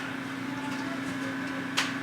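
A detachable blade is fitted onto the body of an Andis Pulse Li 5 hair clipper: its tongue is set into the slot at the bottom of the clipper and the blade is pressed on. A steady hum runs throughout until a sharp snap at 1.8 s, when the blade clicks into place and is seated.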